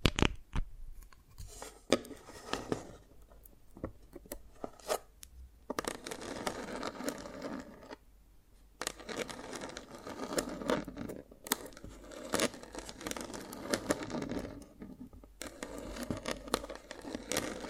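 Dalgona candy is tapped and cracked in sharp, irregular clicks and snaps, with denser scraping and crinkling stretches between brief quiet gaps.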